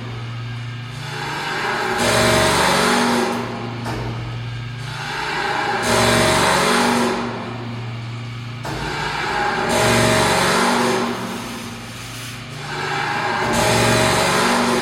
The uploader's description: Piano strings, guitar strings, plastic barrel, electric engines, wood, stones, plastic tubes.